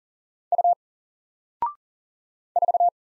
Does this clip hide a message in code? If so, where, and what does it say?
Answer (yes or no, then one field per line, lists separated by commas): yes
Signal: Morse code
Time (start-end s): 0.5-2.9 s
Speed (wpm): 42 wpm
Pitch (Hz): 700 Hz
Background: none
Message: U 4